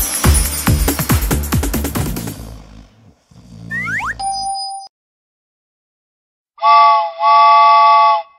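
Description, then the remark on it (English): The whistle of Bob the Train gives two loud, steady toots, the second held longer, after a burst of plinking music and a quick rising swoop. “Hello, I'm Bob the Train. Do you want to go on a space adventure?”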